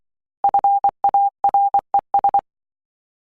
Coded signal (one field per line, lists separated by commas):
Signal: Morse code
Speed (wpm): 23 wpm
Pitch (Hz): 800 Hz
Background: none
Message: FARES